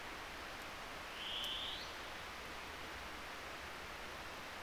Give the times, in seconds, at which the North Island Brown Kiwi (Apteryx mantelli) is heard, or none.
none